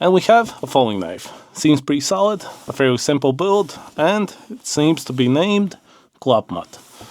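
A folding knife with a back lock is being handled, its blade heading into the back lock mechanism of the handle, while someone talks throughout the clip. Nothing has seated or clicked yet; the blade has not locked open by the end of the clip.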